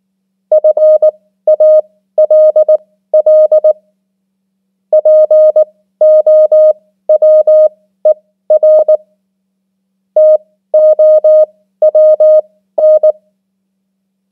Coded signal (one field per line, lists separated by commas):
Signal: Morse code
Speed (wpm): 19 wpm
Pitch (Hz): 620 Hz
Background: none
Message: FALL POWER TOWN